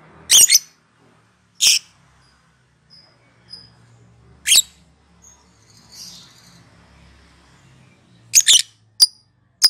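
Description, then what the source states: Lovebird letting out a few loud, harsh, high shrieks separated by long pauses, with softer faint chirps in between and a quick burst of calls near the end. Lovebird giving its ngekek song.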